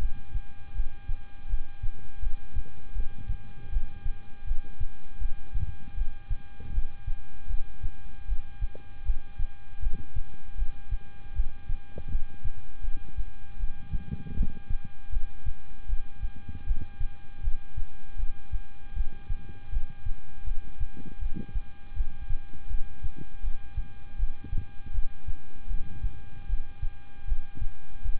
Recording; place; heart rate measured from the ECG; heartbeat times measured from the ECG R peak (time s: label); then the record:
heart sounds by stethoscope; between the tricuspid and mitral areas; 79 bpm
0.73 s: heartbeat
1.48 s: heartbeat
2.20 s: heartbeat
2.93 s: heartbeat
3.70 s: heartbeat
4.45 s: heartbeat
5.19 s: heartbeat
5.95 s: heartbeat
6.72 s: heartbeat
7.48 s: heartbeat
8.26 s: heartbeat
9.03 s: heartbeat
9.80 s: heartbeat
10.56 s: heartbeat
11.33 s: heartbeat
12.09 s: heartbeat
12.82 s: heartbeat
13.57 s: heartbeat
14.34 s: heartbeat
15.10 s: heartbeat
15.87 s: heartbeat
16.64 s: heartbeat
17.41 s: heartbeat
18.17 s: heartbeat
18.94 s: heartbeat
19.70 s: heartbeat
20.44 s: heartbeat
21.19 s: heartbeat
21.94 s: heartbeat
22.68 s: heartbeat
23.41 s: heartbeat
24.17 s: heartbeat
24.92 s: heartbeat
25.68 s: heartbeat
26.47 s: heartbeat
27.25 s: heartbeat
28.02 s: heartbeat
From the record:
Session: rest, lying down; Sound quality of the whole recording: good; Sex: male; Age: 26 years